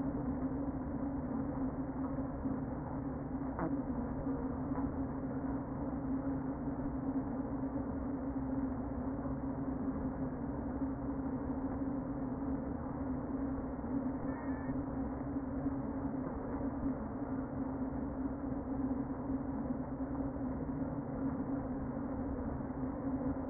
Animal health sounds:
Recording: honeybee colony, microphone inside the hive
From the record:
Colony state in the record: queen present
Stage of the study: before two queens were removed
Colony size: about 60,000 bees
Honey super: yes

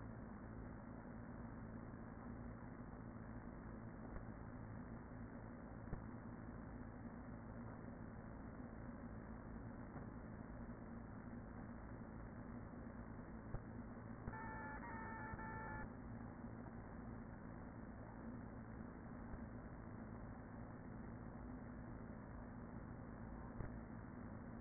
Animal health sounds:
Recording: honeybee colony, microphone inside the hive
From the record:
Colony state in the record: queen present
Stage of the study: after two queens were removed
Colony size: about 40,000 bees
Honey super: no

